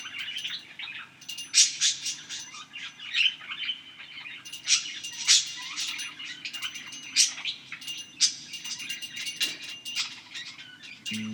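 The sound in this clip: Bird chirps in dense bursts of high twittering, repeating throughout with short pauses between.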